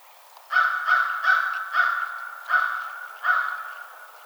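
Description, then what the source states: American crow calling with six harsh, even caws in quick succession, each slightly drawn out. Recorded 21 March 2007.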